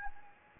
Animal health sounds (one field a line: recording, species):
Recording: mosquito wingbeat signal from an infrared sensor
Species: Anopheles gambiae